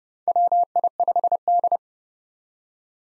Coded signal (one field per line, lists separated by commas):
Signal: Morse code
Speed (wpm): 30 wpm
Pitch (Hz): 700 Hz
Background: none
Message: WI5D